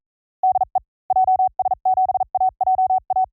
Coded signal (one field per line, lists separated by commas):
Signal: Morse code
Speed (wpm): 39 wpm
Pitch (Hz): 780 Hz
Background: none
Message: DE JS7AJA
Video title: Morse CW Training JP Random Callsign Speed from 35 to 45 WPM 300 Calls Sampling Rate 44100